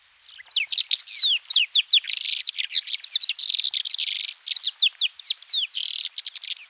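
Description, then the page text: Lesser short-toed lark song: a rapid stream of high chirps and slurred whistles, many sweeping down in pitch. "Lesser Short-Toed Lark Song 1. Quick Sounds"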